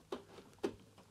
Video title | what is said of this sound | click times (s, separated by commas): 'Push-to-Release' DIY Antenna Hack Worked Out Beautifully! Sony CRF-320 restoration Pt.7 | and they click down click in place and hold | 0.1 s, 0.6 s